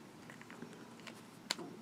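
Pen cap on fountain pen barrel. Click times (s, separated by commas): 1.5 s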